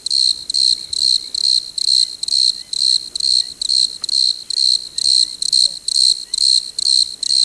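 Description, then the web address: Desert crickets trilling together, dense buzzy bursts pulsing roughly twice per second, even and insistent. Chorus of crickets. "Dr Sound Effects. Chorus of Desert Crickets"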